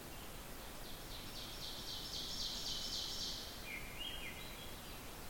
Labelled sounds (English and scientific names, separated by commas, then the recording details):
Ovenbird (Seiurus aurocapilla) song
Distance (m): 60 m
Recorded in boreal forest in Alberta, Canada, on 14 June 2016 at 06:41
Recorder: SongMeter 3, array SBT-3-33
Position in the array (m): 111 m, 79 m
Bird 21